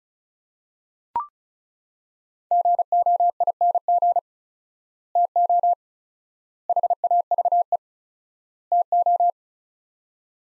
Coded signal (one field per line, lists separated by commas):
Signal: Morse code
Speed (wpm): 34 wpm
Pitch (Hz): 700 Hz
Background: none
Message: GOING TO HAVE TO